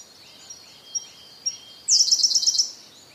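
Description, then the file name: Siberian blue robin song: three faint, sharp ticks, then a loud, rapid trill, with constant high bird chatter in the background. "koruri"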